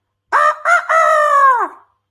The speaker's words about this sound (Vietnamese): Một tiếng còn chưa dứt, tiếng gà gáy thứ hai lại nổi lên.